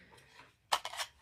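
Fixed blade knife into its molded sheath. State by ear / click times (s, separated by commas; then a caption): seated / 0.7 s. A fixed-blade 1095 carbon steel knife is pushed into its molded sheath, with a sharp click at 0.7 s and smaller follow-up clicks after it. The knife is seated and held in the sheath.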